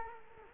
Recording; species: mosquito wingbeat signal from an infrared sensor; Culex quinquefasciatus